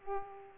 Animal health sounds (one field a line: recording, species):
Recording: mosquito wingbeat signal from an infrared sensor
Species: Aedes aegypti